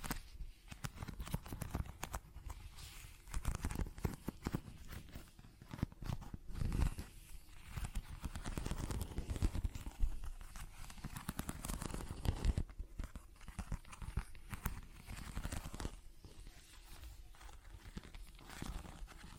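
ASMR-style handling sounds: a dense, continuous run of scratching and crinkling with quick, irregular taps scattered throughout. The rustle stays busy for the whole stretch, with sharper thumps around seven, ten and twelve seconds and a slightly quieter patch near sixteen.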